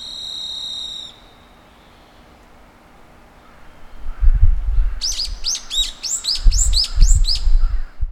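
Brown-eared bulbul calls: a quick burst of high, sharp, rising chirps in the latter half, after an earlier steady tone, with bursts of low rumbling background noise later on.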